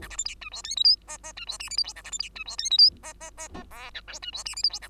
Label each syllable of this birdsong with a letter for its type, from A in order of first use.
A B C D E F G H I J J E F K L M N A B C D E F G H I J J J J O P Q E F K L M N A